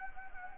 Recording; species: mosquito wingbeat signal from an infrared sensor; Anopheles gambiae